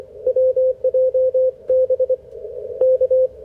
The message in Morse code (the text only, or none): WJB K